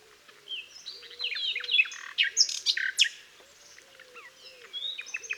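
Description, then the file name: Common nightingale song: varied phrases of whistles, sharp downslurs and buzzy bursts, loudest midway, over a steady series of low repeated calls in the background. "Luscinia megarhynchos"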